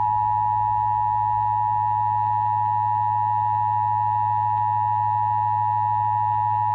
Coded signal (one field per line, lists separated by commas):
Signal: Emergency Alert System (SAME) tones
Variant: 853 and 960 Hz attention tone